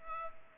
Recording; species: mosquito wingbeat signal from an infrared sensor; Culex pipiens